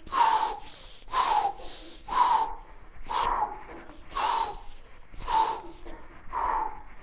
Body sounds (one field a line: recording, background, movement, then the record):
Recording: deep breathing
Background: a bystander coughing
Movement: walking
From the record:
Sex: male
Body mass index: 22.0 kg/m2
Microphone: on the chest, facing the body